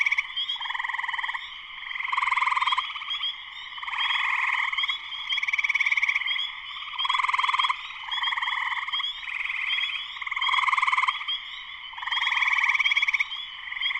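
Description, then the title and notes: Spring peeper: continuous shrill chorus of spring peepers, many overlapping high whistled peeps forming a steady ringing wash that rises and falls in bursts. Full chorus of spring peepers shortly after sunset in Sleeping Bear Dunes National Lakeshore, northern Michigan, USA. "Spring peepers (chorus frogs) in full chorus shortly after sunset in the Sleeping Bear Dunes National Lakeshore in northern Michigan, USA."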